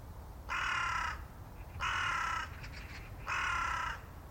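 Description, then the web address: Bird calls: three harsh, raspy calls, each lasting under a second and separated by gaps of under a second, over a low background rumble. "cianscape. Deverinetal 2025. Bird Only"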